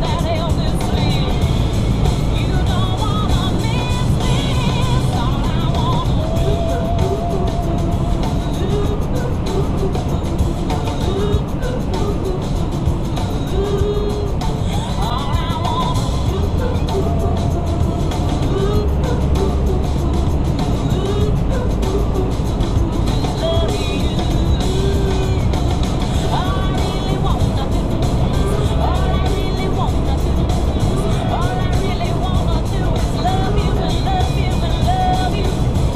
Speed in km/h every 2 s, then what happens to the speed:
145, 145, 145, 142, 140, 140, 137, 135, 137, 137, 138, 140, 142, 142, 143, 145, 147, 148.
0-13 slows to 135. 13-36 steady at about 142.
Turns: none.